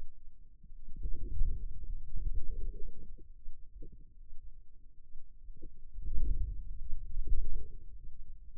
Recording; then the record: forearm muscle sounds (acoustic myography)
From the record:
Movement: inward rotation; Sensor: system 2, bracelet of six BSWA MPA416 microphones around the upper forearm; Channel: 5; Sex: male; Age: 22 years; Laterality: right